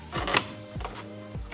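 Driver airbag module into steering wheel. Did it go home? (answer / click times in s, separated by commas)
no / none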